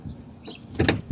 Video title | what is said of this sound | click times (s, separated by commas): Van Chronicles: Part 13: I replaced the lift gates struts. | Sweet. Snap right on. | 0.9 s